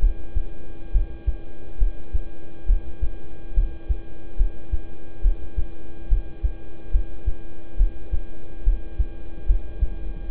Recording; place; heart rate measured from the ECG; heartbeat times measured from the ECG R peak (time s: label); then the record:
heart sounds by stethoscope; between the tricuspid and mitral areas; 70 bpm
0.92 s: heartbeat
1.78 s: heartbeat
2.66 s: heartbeat
3.54 s: heartbeat
4.37 s: heartbeat
5.22 s: heartbeat
6.08 s: heartbeat
6.91 s: heartbeat
7.77 s: heartbeat
8.64 s: heartbeat
9.46 s: heartbeat
10.28 s: heartbeat
From the record:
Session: rest, lying down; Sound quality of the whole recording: good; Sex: male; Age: 26 years